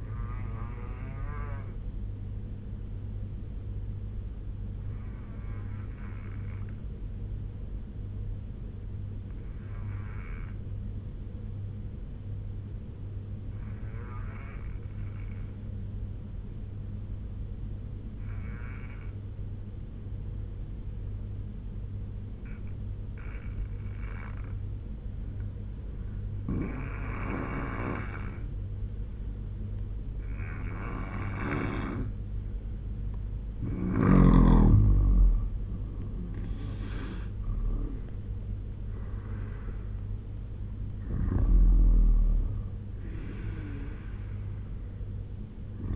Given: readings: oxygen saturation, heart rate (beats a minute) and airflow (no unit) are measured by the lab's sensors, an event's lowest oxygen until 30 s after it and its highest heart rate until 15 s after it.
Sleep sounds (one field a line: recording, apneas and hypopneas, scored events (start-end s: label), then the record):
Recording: breathing in sleep by a smartphone at the bedside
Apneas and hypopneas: 1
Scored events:
8.00-30.30 s: obstructive apnea (N3, oxygen 94% highest, then 83% lowest, heart rate 71 at the start, 85 highest)
24.00-45.96 s: new sleep stage, N2 (light sleep)
From the record:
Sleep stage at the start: N3 (deep sleep)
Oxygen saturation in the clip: 85 to 94%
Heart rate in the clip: 68 to 85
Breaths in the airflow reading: 4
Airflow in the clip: -8.3 to 8.6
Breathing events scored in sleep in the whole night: 201 in 6.5 hours asleep